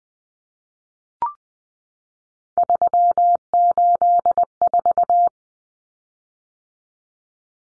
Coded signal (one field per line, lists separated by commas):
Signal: Morse code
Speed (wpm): 20 wpm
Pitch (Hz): 700 Hz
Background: none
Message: 384